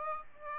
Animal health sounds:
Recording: mosquito wingbeat signal from an infrared sensor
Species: Aedes aegypti

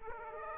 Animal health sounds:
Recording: mosquito wingbeat signal from an infrared sensor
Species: Aedes aegypti

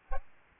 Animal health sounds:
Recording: mosquito wingbeat signal from an infrared sensor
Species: Aedes albopictus

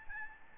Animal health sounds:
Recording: mosquito wingbeat signal from an infrared sensor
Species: Aedes albopictus

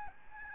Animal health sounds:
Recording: mosquito wingbeat signal from an infrared sensor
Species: Aedes albopictus

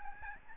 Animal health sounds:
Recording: mosquito wingbeat signal from an infrared sensor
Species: Aedes albopictus

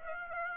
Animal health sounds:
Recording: mosquito wingbeat signal from an infrared sensor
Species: Aedes aegypti

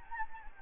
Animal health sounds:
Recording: mosquito wingbeat signal from an infrared sensor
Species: Anopheles gambiae

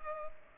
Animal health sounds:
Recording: mosquito wingbeat signal from an infrared sensor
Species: Culex pipiens

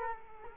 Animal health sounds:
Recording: mosquito wingbeat signal from an infrared sensor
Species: Culex quinquefasciatus

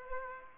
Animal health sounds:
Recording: mosquito wingbeat signal from an infrared sensor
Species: Aedes aegypti

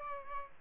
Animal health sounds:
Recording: mosquito wingbeat signal from an infrared sensor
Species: Aedes albopictus

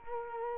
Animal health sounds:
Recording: mosquito wingbeat signal from an infrared sensor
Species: Culex quinquefasciatus

